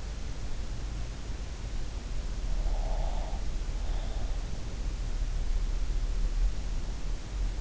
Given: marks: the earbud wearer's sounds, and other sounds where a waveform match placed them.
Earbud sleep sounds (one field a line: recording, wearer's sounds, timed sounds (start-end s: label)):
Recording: sounds in sleep by an in-ear microphone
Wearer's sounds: breath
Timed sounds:
2.63-4.81 s: breath